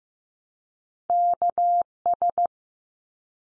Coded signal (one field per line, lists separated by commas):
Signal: Morse code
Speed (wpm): 15 wpm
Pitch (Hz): 700 Hz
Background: none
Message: KS